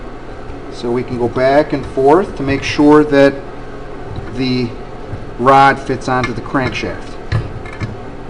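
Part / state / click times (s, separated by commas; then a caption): connecting rod big end onto engine crankshaft journal / seated / 7.3 s. A piston and its metal connecting rod are pushed down the cylinder bore so the rod's big end seats onto the engine crankshaft journal, while someone talks over a steady low background hum. A sharp little snap at 7.3 s, followed by a smaller tap at 7.8 s, confirms the connecting rod has snapped into place on the crankshaft.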